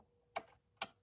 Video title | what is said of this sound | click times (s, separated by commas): Class 101: Tin Lizzie Tech | and it snaps in and you can hear it | 0.4 s, 0.8 s